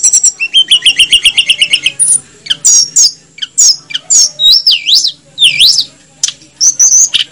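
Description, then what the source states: Snowy-browed flycatcher song opening with a fast even trill of doubled notes, followed by looping whistled phrases that rise and fall. Masteran track made for training cage birds; Indonesian names Tledekan Gunung and Sikatan Gunung.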